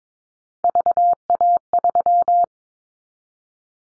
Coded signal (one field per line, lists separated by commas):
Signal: Morse code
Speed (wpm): 22 wpm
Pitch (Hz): 700 Hz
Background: none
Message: VA3